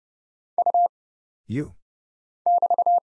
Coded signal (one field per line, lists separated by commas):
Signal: Morse code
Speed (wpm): 30 wpm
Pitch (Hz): 700 Hz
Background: none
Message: U <BT>